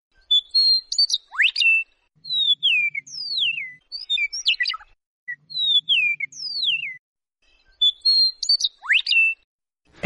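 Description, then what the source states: Eastern Meadowlark song: descending slurred whistles alternating with a metallic, jumbled chattering trill and a sharp upward sweep, repeated several times. A metallic trill forms part of the song, likened to a robot.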